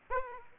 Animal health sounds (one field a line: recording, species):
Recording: mosquito wingbeat signal from an infrared sensor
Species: Aedes aegypti